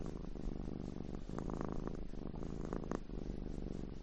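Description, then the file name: Cat purring, a steady low rumbling drone with soft rhythmic pulsing that carries on without a break. "audio hero Cat"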